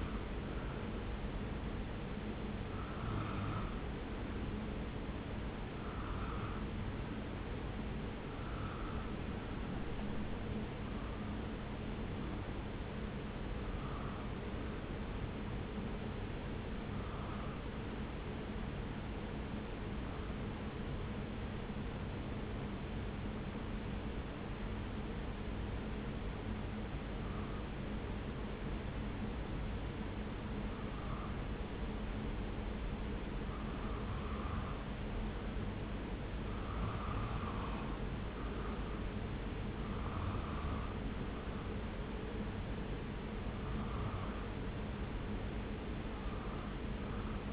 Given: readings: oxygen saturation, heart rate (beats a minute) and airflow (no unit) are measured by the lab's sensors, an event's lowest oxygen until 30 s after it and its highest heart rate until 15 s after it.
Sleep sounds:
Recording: breathing in sleep by a voice recorder at the bedside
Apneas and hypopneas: 1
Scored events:
18.00-35.00 s: hypopnea (N2, oxygen 96% highest, then 91% lowest)
From the record:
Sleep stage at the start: N2 (light sleep)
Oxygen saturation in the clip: 88 to 96%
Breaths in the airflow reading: 20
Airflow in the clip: -1.3 to 1.6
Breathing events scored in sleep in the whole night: 335 in 6.7 hours asleep

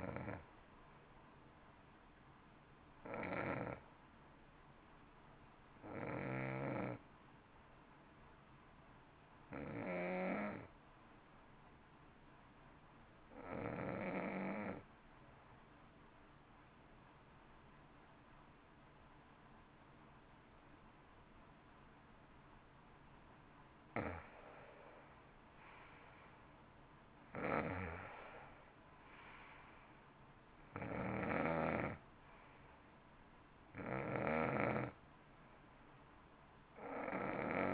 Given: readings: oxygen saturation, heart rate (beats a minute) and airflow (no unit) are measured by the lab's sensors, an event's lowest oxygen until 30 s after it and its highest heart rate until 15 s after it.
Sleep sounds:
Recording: breathing in sleep by a voice recorder at the bedside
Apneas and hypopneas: 1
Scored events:
8.00-23.60 s: hypopnea (N1, oxygen 95% highest, then 86% lowest, heart rate 53 at the start, 61 highest)
13.00-37.74 s: new sleep stage, N2 (light sleep)
From the record:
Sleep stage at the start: N1 (lightest sleep)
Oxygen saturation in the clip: 88 to 95%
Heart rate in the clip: 53 to 61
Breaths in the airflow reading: 9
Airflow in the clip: -13.9 to 13.3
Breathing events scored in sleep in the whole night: 328 in 6.3 hours asleep

